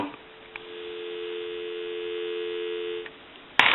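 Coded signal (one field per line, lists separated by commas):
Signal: telephone call progress tone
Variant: North America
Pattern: dial tone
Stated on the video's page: Tone on an AE 3-slot payphone during initial checkout and repair conversion.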